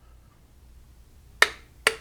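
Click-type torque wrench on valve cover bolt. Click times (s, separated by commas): 1.4 s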